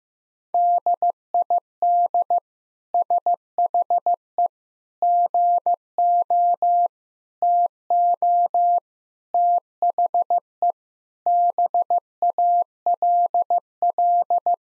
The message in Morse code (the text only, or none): DID SHE GO TO THE BALL